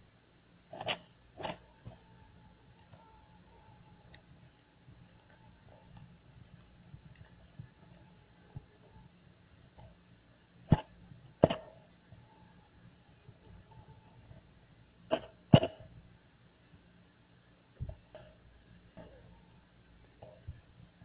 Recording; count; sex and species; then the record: mosquito flight sound in a plastic cup; one mosquito; not Aedes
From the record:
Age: 5 days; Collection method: oviposition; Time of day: 12:24